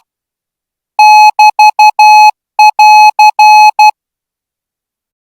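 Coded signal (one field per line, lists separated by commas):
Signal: Morse code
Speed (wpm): 12 wpm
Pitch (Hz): 850 Hz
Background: none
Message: <BT><AR>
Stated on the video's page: Morse practice signals for a Thai army signal corps promotion exam.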